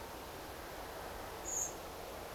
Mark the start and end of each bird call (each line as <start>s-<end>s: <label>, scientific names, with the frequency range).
1.42s-1.72s: Turdus merula (6.2-7.9 kHz)